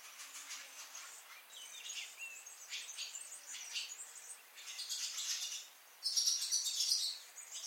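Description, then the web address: Barn swallow twittering song: soft, quick chattering phrases that grow louder and denser near the end. "chant xeno-canto hirondelle rustique"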